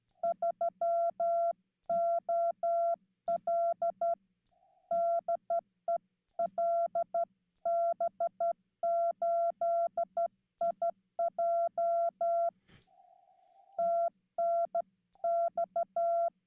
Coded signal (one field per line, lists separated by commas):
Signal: Morse code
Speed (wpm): 12 wpm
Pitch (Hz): 680 Hz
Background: none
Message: 3OL DE LB8IJ TNX